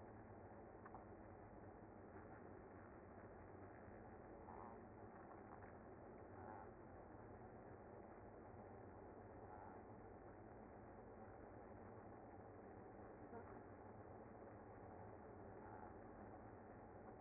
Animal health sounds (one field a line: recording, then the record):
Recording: honeybee colony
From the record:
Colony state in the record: active